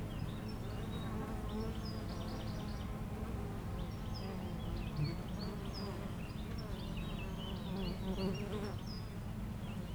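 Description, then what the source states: Honey bees drone in a thick, steady buzz, overlaid by lively chirping and twittering birds through much of the recording. Foraging honey bees flying back and forth to flowers between two hives in a garden apiary, Aix-les-Bains, France; a few birds in the neighbouring wood.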